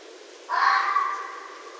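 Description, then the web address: Red fox: a single hoarse, wailing red fox scream, sudden and harsh, lasting about a second before tailing away into quiet hiss. Recorded 7 December 2011. "Red Fox 2011 12 07"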